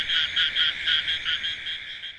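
Frogs calling with quick pulsed croaks repeated several times a second over a steady background chorus.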